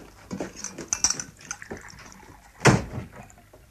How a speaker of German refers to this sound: gieß den Tee ein.